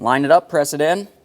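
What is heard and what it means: A black plastic wiring harness connector is being lined up and pressed onto the alternator of a 2012-2015 Honda Civic 1.8L I4 while someone talks. Nothing has seated or clicked yet.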